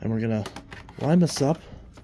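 A plastic handle is lined up with the groove at the top of a Bissell Pet Hair Eraser Turbo Rewind upright vacuum (2790) while someone talks, with faint handling sounds in between. The clip ends before the handle is pressed down, so nothing has seated or clicked into place yet.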